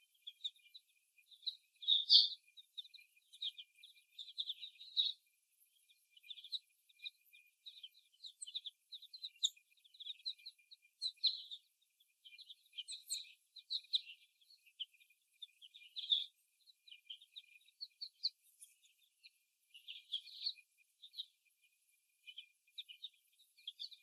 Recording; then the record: young laying hens in a cage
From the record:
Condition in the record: before the stressor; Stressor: simulated dog barking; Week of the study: 1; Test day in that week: 1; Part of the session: 1